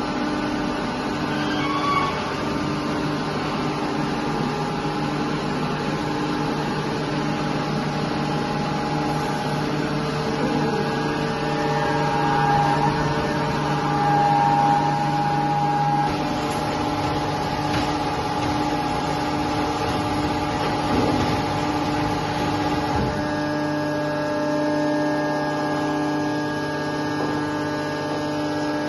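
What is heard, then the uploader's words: A carton press machine drones steadily, its low hum layered with whining tones, shifting slightly around sixteen and twenty-three seconds. A carton press machine , also known as a baler, is a device used to compress and bind waste materials such as cardboard, plastic, and paper into a compact and manageable form. The machine operates by using a hydraulic system that compresses the waste material into a tight bundle.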